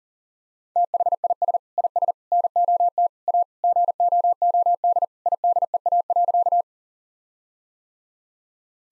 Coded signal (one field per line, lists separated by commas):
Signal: Morse code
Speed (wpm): 40 wpm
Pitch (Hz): 700 Hz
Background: none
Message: THIS IS NOT A GOOD IDEA.